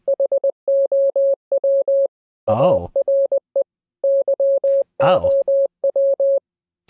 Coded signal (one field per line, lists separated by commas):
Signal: Morse code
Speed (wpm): 20 wpm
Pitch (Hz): 550 Hz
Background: none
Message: HOW ARE YOW